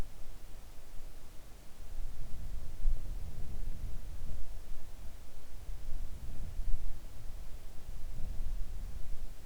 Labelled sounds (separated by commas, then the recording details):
near silence
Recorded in the Arctic National Wildlife Refuge, Alaska, on 3 August 2019 at 05:18
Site 41